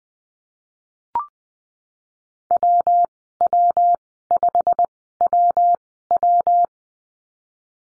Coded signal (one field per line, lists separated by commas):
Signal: Morse code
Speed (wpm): 20 wpm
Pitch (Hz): 700 Hz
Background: none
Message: WW5WW